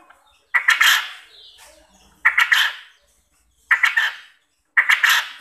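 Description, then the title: Quail calls: four loud, rough, multi-note bursts, each a quick stuttering series. Used as a lure to make quail answer and call lively. "Burung Puyuh Mana Yang Tidak Nyaut Dan Gacor Dengan Pancingan Ini"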